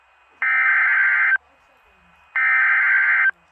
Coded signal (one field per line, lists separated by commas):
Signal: Emergency Alert System (SAME) tones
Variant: header bursts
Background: speech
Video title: Special Marine Warning Upton NY EAS#69 NOAA Weather Radio Station KWO35